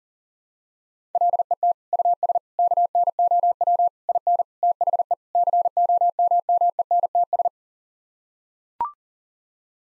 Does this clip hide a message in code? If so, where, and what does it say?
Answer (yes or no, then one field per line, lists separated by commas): yes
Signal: Morse code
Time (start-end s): 1.1-7.5 s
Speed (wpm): 40 wpm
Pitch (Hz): 700 Hz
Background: none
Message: LET US KNOW IN THE COMMENTS